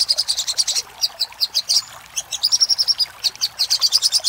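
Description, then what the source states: Little spiderhunter song: high, sharp notes in quick series, pausing briefly near the middle, then a rapid run of chips. Master recording made for training caged birds; Indonesian name Sogok Ontong.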